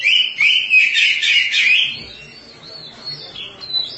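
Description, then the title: Oriental magpie-robin, a loud rapid warbled phrase for two seconds, followed by quieter thin whistled notes. "Suara Kicauan Burung Kacer"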